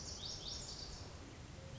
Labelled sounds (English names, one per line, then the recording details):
Lazuli Bunting
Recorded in Sonoma County, California